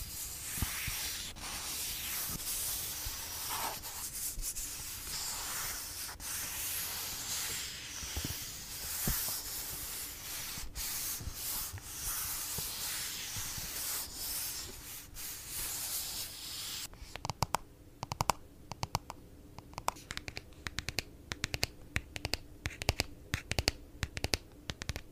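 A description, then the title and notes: ASMR tapping sounds. For the first seventeen seconds a steady, dense scratching and rubbing fills everything with bright hiss. After that the rubbing drops away and quick, crisp taps take over, arriving in irregular clusters with brief pauses between them. Blue yeti microphone. Asmr tapping.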